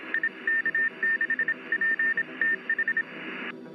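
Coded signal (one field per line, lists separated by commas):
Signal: Morse code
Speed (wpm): 27 wpm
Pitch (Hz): 1800 Hz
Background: music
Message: IK6PTH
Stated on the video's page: Live Morse code transmissions heard while scanning the amateur and shortwave bands.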